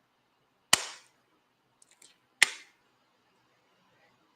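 A single-dose autoinjector pen is held still against the skin of the belly and pressed for a subcutaneous injection. A sharp, loud click at 0.7 s starts the injection, a few faint soft ticks follow around 1.8–2.1 s, and a second loud click at 2.4 s marks its end. Both clicks are heard, confirming the full dose was delivered.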